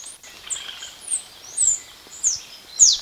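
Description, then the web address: Black-capped hemispingus song: thin, very high notes, some sliding downward, spaced roughly every half second over a faint hiss. Recorded in Ecuador. "Birds of Ecuador Black-Capped Hemispingus"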